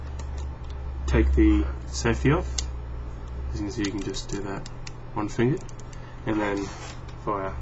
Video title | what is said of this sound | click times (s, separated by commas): Yonezawa Brownling Light Sports Pistol | in order to fire this thing, all you got to do is rock it back, hear a click, | 0.2 s